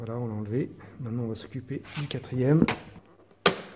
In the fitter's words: Vous entendez le clac, c'est bon.